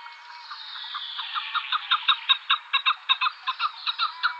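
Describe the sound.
Chukar clucking in a rapid series of chuck notes, starting faint and growing louder.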